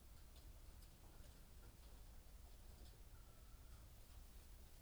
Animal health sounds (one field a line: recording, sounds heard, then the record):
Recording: poultry house recording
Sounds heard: healthy chickens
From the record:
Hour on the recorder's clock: 18